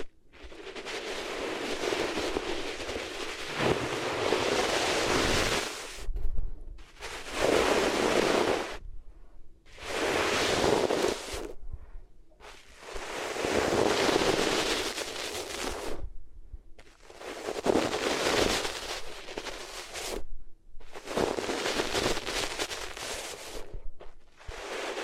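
Rubbing against the ears makes a dense, rough scraping roar that comes in long strokes of a few seconds each. Short silent gaps separate the strokes, about seven in all, and the texture stays bright and hissy throughout with occasional crackles.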